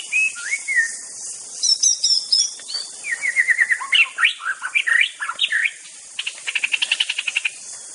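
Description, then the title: White-rumped shama delivering varied whistled phrases, jumbled quick notes and a closing series of rapid repeated chips. Wild bird from the forest. "Suara burung murai batu asli hutan"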